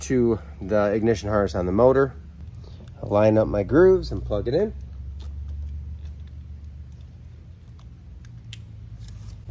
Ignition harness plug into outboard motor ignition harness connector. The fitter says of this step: you will hear and feel it click into place.